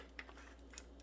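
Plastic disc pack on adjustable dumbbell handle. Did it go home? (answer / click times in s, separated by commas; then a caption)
no / none. A shrink-wrapped plastic disc pack is slid onto an adjustable dumbbell handle shaft with its long slot aligned and rotated to lock. Only faint handling ticks and rubs are heard, with a brief sharp tick at 0.2 s and another around 0.8 s over a low steady hum. The pack is handled but not yet home, and nothing has seated or clicked yet.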